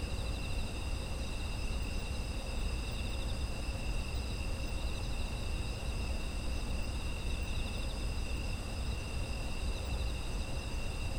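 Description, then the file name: Continuous insect chorus of high ringing trills at a few separate pitches, unbroken for the whole stretch, with persistent low background rumble. Autumn insect ambience. "秋の虫の環境音"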